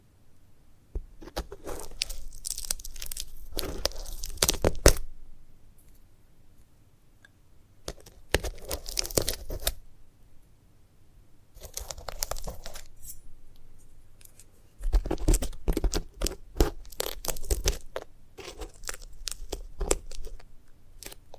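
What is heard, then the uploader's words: A sunflower head is handled in bursts of dry crunching, tearing and crinkling, with quiet pauses between, a loud snap near five seconds. ASMR of a Sunflower Head (No Talking).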